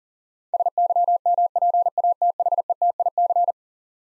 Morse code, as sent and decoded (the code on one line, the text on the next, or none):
... -.-- -- .--. .- - .... . - .. -.-.
SYMPATHETIC